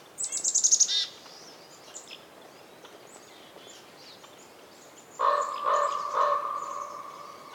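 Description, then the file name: Raven utters three croaking calls near the end with reverberant tails, after a small bird's quick high trill opens the recording. Daytime winter forest in the North Laurentian Woods, Canada; raven calls reverberating, other birds chirping, some wind. "WINTER Forest day raven calls reverberating and other birds chirps with some wind, North Laurentian Woods, Canada"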